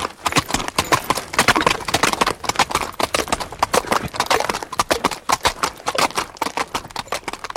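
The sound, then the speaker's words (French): Horse hooves gallop in a fast, driving rhythm, a steady stream of sharp, loud clip-clop beats that carries on unbroken for several seconds with no voices. “Angelo rendit tout de suite la main au cheval qu'il avait lui-même chaque jour nourri d'avoine”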